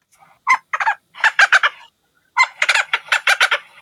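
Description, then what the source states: Leach's storm petrel calls, harsh rhythmic chattering bursts in two rapid series separated by a short pause. Recorded female and male calls played down burrows during seabird surveys on remote Scottish locations to get a response; males and females may respond differently.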